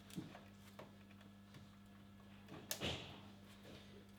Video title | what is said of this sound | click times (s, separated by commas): J'AI ENFIN MON NOUVEAU PC A PLUS DE 4000€ ...UNE BÊTE DE COMPÉTITION !! | ce que ça clip ce bien donc | 2.7 s